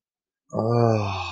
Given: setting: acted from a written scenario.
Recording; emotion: vocal sound without words; sympathy